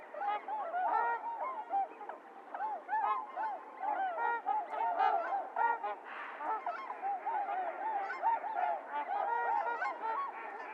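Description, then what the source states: Flock of trumpeter swans trumpeting steadily, overlapping rising and falling honks forming a dense, unbroken chorus. Recorded 28 January 2022; low-cut filtered; several swans.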